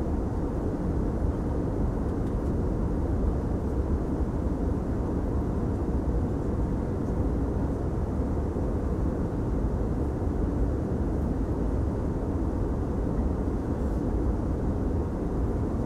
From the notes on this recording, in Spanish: Sonidos de interiores de avión, de iglesias y muchedumbre de la ciudad de Lisboa